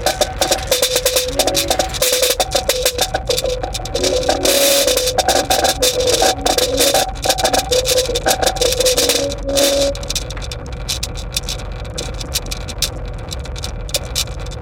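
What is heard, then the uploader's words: Metal tins rattle densely with small nails and ball bearings buzzing on speakers, while wavering mid-pitched synth tones drift through until about ten seconds. Film tins filled with objects including nails, tacks, ball bearings and other miscellaneous objects. The film tins were then equipped with piezo microphones plugged into amps then placed atop upward facing speakers. Evolving frequencies were then mixed into the speakers in order to vibrate and stimulate the film tins and their contents at varying intensities. Recorded by the reel-to-reel.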